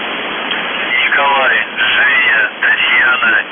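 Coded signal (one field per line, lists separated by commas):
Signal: numbers station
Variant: UVB-76, Russian voice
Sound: a male voice speaking a few words through heavy shortwave static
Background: radio static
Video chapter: The Buzzer/UVB-76(4625Khz) August 12, 2021 Voice messages / 00:00 0930z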